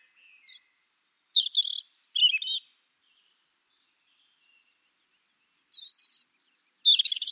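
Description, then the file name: European robin song: two bursts of high, thin, warbled phrases separated by a few seconds of silence, notes jumping quickly between pitches, with a quiet background. "Erithacus rubecula"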